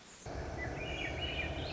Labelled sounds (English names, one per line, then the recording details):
Swainson's Thrush
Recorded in Sonoma County, California